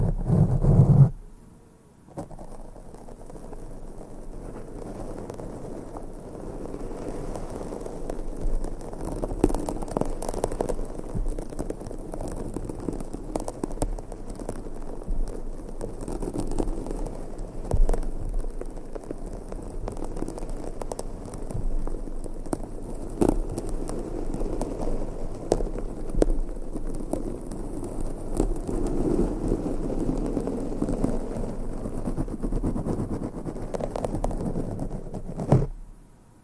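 Brushing and rubbing on a microphone runs almost without a break, a dense, scratchy rustle centred in the low-mid range with sharper swipes every few seconds. A brief drop near the start interrupts it, and it cuts off abruptly just before the end. No voice is heard.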